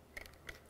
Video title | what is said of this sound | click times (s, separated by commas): Conceptos Básicos de las Cámaras del Poli 1 - CMA | batería deberá ser introducida en el sentido en que indique la flecha hasta escuchar un clic acá también | 0.5 s